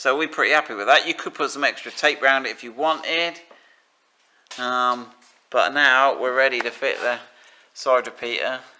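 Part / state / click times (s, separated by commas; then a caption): side repeater lamp into front wing aperture / not seated / none. Someone talks throughout while preparing to fit a side repeater lamp into its aperture in the front wing of a Land Rover Defender off-road vehicle. The lamp is handled but not yet pushed home, and nothing has seated or clicked yet.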